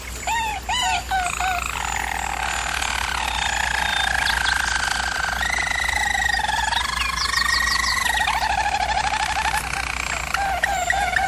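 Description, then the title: German Roller canary song opening with short whistled notes, then long rolling trills and sustained tours changing pitch every couple of seconds, over a constant low hum. German Roller canary singing, for canary training. "German Roller Canary Singing - Canary Training Vid"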